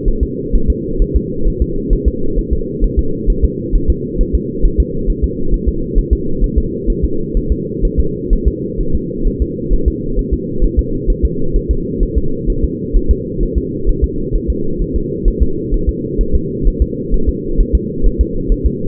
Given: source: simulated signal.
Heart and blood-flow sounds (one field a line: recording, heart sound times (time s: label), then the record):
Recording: fetal heart sounds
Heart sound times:
0.08 s: S1
0.23 s: S2
0.55 s: S1
0.70 s: S2
1.02 s: S1
1.16 s: S2
1.47 s: S1
1.62 s: S2
1.93 s: S1
2.08 s: S2
2.39 s: S1
2.53 s: S2
2.84 s: S1
2.99 s: S2
3.30 s: S1
3.45 s: S2
3.75 s: S1
3.90 s: S2
4.21 s: S1
4.35 s: S2
4.65 s: S1
4.80 s: S2
5.10 s: S1
5.24 s: S2
5.54 s: S1
5.69 s: S2
5.98 s: S1
6.13 s: S2
6.44 s: S1
6.58 s: S2
6.90 s: S1
7.05 s: S2
7.37 s: S1
7.52 s: S2
7.85 s: S1
8.00 s: S2
8.33 s: S1
8.48 s: S2
8.81 s: S1
8.95 s: S2
9.27 s: S1
9.42 s: S2
9.73 s: S1
9.88 s: S2
10.19 s: S1
10.34 s: S2
10.64 s: S1
10.79 s: S2
11.10 s: S1
11.25 s: S2
11.56 s: S1
11.71 s: S2
12.03 s: S1
12.18 s: S2
12.50 s: S1
12.64 s: S2
12.97 s: S1
13.11 s: S2
13.43 s: S1
13.58 s: S2
13.89 s: S1
14.04 s: S2
14.35 s: S1
14.50 s: S2
14.82 s: S1
14.96 s: S2
15.28 s: S1
15.43 s: S2
15.74 s: S1
15.89 s: S2
16.21 s: S1
16.35 s: S2
16.67 s: S1
16.82 s: S2
17.14 s: S1
17.29 s: S2
17.60 s: S1
17.75 s: S2
18.06 s: S1
18.21 s: S2
18.52 s: S1
18.66 s: S2
From the record:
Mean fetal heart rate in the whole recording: 130 bpm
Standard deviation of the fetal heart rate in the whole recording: 4 bpm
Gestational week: 38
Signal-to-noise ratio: -8.1 dB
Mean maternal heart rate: 72 bpm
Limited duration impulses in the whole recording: absent